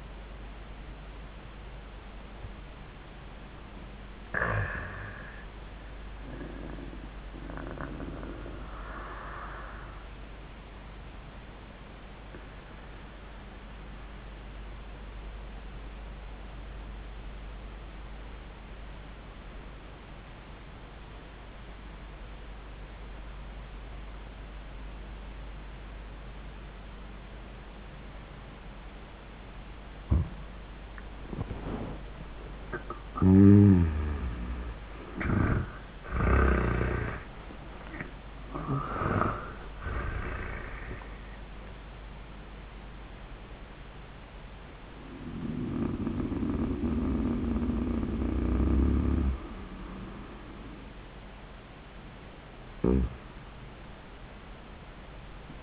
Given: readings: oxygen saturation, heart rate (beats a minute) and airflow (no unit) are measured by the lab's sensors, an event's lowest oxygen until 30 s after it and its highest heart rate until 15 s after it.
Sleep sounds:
breathing in sleep by a voice recorder at the bedside; 1
8.00-31.20 s: obstructive apnea (N1, oxygen 97% highest, then 77% lowest, heart rate 95 at the start, 95 highest)
54.00-55.63 s: new sleep stage, N2 (light sleep)
From the record:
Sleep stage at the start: N1 (lightest sleep); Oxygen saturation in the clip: 75 to 97%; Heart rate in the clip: 78 to 96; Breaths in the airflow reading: 4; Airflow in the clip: -17.3 to 26.2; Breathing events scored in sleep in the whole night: 400 in 8.7 hours asleep

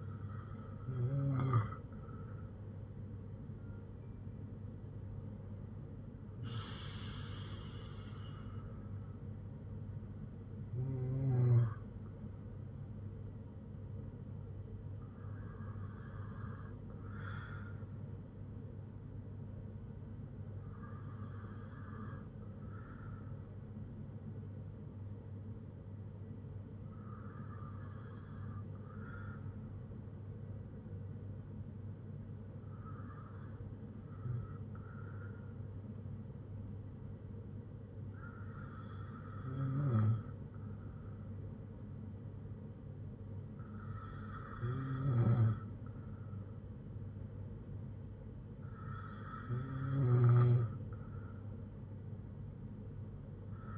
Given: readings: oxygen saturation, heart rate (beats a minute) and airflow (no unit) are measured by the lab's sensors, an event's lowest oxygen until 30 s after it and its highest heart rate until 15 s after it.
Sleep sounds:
breathing in sleep by a smartphone at the bedside; none
none scored
From the record:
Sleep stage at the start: N2 (light sleep); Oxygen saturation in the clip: 94 to 95%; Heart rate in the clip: 57 to 70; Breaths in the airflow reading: 10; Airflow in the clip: -5.3 to 6.4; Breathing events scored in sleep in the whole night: 182 in 7.4 hours asleep

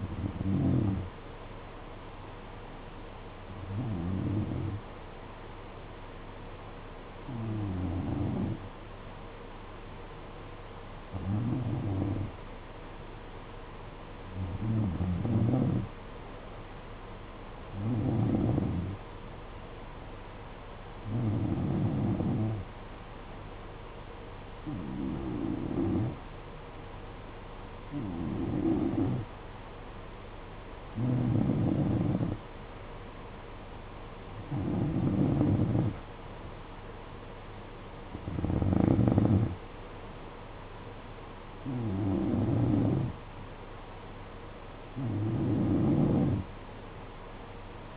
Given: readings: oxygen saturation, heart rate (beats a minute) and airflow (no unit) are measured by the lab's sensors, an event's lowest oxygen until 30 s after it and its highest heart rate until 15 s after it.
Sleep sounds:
breathing in sleep by a voice recorder at the bedside; 1
6.00-30.80 s: hypopnea (N1, oxygen 94% highest, then 90% lowest, heart rate 53 at the start, 60 highest)
7.00-47.97 s: new sleep stage, N2 (light sleep)
From the record:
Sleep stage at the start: N1 (lightest sleep); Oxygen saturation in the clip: 88 to 94%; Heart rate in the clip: 53 to 60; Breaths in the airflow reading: 14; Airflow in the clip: -8.1 to 6.1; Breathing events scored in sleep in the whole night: 476 in 9.7 hours asleep

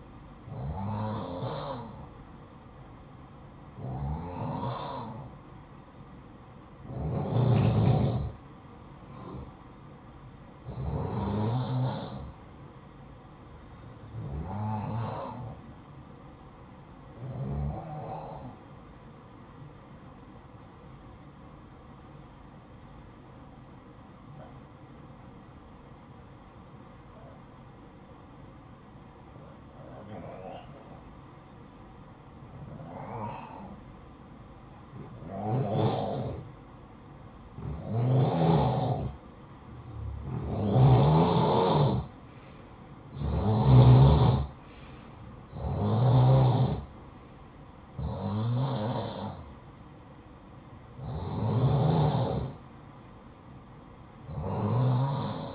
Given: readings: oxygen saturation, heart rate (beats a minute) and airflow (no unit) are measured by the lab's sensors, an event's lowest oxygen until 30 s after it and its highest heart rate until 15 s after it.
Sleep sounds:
breathing in sleep by a smartphone at the bedside; 1
17.00-40.90 s: hypopnea (N2, oxygen 94% highest, then 88% lowest, heart rate 62 at the start, 67 highest)
From the record:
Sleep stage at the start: N2 (light sleep); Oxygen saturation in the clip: 89 to 94%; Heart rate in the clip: 54 to 67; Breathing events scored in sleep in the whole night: 573 in 9.8 hours asleep

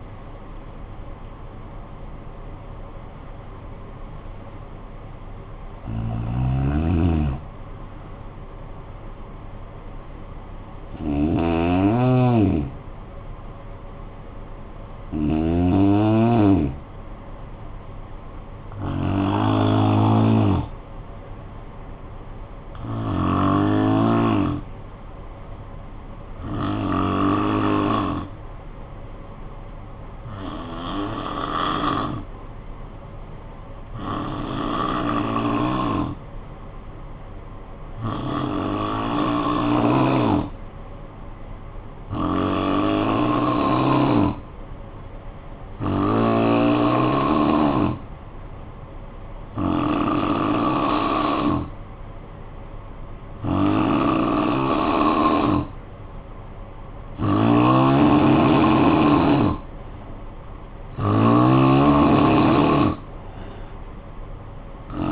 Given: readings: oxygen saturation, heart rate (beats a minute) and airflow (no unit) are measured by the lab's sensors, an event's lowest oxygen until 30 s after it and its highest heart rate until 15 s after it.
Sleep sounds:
breathing in sleep by a smartphone at the bedside; 1
4.00-34.00 s: new sleep stage, N2 (light sleep)
19.00-53.60 s: hypopnea (N2, oxygen 97% highest, then 85% lowest, heart rate 54 at the start, 62 highest)
34.00-65.12 s: new sleep stage, N3 (deep sleep)
From the record:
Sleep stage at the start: N3 (deep sleep); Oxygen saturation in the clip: 85 to 97%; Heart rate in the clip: 51 to 76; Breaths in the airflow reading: 16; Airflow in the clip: -11.4 to 13.6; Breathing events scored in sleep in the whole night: 445 in 7.6 hours asleep

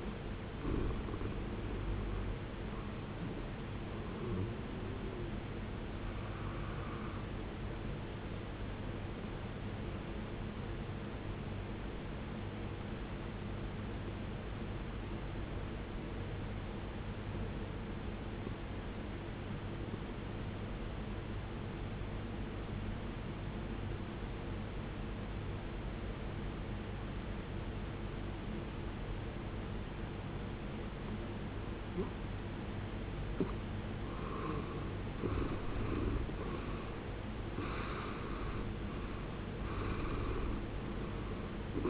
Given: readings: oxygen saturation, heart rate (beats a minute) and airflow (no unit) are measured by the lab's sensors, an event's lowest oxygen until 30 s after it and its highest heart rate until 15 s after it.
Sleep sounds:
breathing in sleep by a voice recorder at the bedside; 1
11.00-36.60 s: obstructive apnea (N1, oxygen 94% highest, then 78% lowest, heart rate 57 at the start, 80 highest)
20.00-41.90 s: new sleep stage, N2 (light sleep)
From the record:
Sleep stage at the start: N1 (lightest sleep); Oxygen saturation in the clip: 78 to 94%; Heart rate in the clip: 57 to 82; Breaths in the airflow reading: 5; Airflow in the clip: -19.1 to 19.4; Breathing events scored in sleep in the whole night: 389 in 6.3 hours asleep

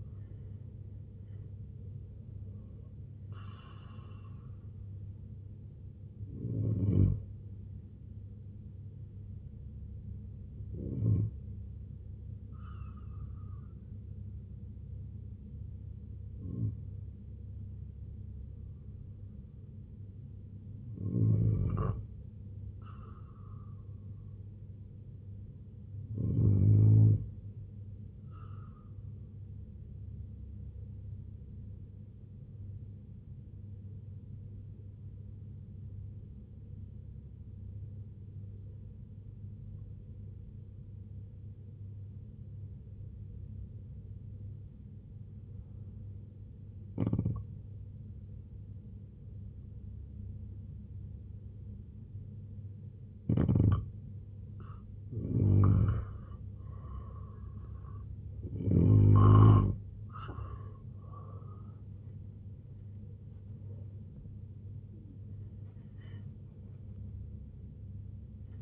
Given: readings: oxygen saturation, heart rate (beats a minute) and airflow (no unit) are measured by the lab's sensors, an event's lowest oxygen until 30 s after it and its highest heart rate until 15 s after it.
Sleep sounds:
breathing in sleep by a smartphone at the bedside; 2
8.00-23.00 s: hypopnea (N2, oxygen 95% highest, then 91% lowest, heart rate 74 at the start, 82 highest)
35.00-54.90 s: obstructive apnea (N2, oxygen 94% highest, then 83% lowest, heart rate 70 at the start, 97 highest)
56.00-68.62 s: new sleep stage, N1 (lightest sleep)
From the record:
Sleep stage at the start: N2 (light sleep); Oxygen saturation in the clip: 85 to 96%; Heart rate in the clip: 65 to 96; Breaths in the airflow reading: 10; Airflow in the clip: -9.0 to 11.2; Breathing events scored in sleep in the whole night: 258 in 7.4 hours asleep

